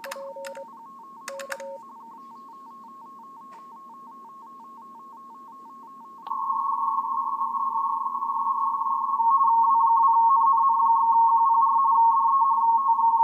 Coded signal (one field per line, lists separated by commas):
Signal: RTTY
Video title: Elecraft KX3 - RTTY 20M QSO - TG9AHM W2NNN